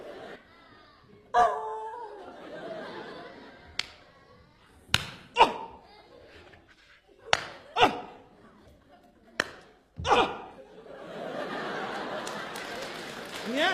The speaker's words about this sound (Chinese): 观众鼓掌了，观众鼓掌了，多好！